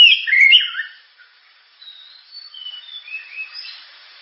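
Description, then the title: Oriental magpie-robin song: one short loud burst of twisting whistles, followed by faint, thin whistled notes trailing off. Loud, sharp 'gacor' (constantly singing) kacer song, suited for use as 'pancingan' to prompt and train other birds to sing. "Kacer Gacor Suara Tajam. Kacer Gacor Suara Super Kenceng Cocok untuk Pancingan"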